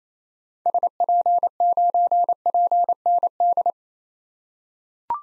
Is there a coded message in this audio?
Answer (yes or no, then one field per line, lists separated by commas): yes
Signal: Morse code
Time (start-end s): 0.7-3.7 s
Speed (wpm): 28 wpm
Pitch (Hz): 700 Hz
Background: none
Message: SP9PND